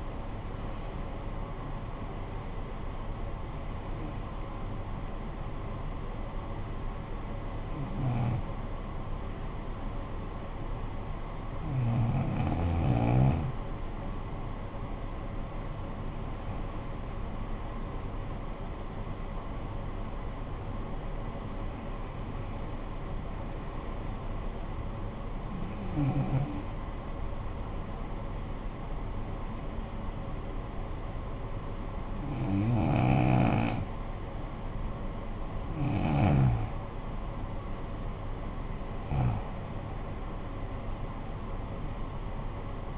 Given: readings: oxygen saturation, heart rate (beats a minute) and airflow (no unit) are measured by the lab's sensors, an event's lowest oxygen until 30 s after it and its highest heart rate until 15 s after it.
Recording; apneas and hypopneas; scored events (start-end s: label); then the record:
breathing in sleep by a smartphone at the bedside; 2
5.00-16.40 s: hypopnea (N1, oxygen 95% highest, then 92% lowest, heart rate 49 at the start, 60 highest)
27.00-38.40 s: hypopnea (N1, oxygen 94% highest, then 91% lowest, heart rate 51 at the start, 60 highest)
From the record:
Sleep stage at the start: N1 (lightest sleep); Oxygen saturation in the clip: 92 to 95%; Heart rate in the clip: 49 to 60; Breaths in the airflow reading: 10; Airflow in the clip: -13.9 to 10.0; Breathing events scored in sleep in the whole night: 445 in 7.6 hours asleep